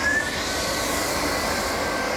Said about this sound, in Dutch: Wat ik dan doe is lawaai, want dan zet ik de speciale stofzuiger aan.